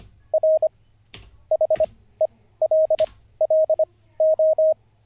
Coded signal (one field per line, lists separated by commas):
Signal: Morse code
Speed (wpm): 25 wpm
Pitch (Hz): 630 Hz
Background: none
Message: R HELLO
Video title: N0SSC Learns Morse Code (Day 48) [Livestream]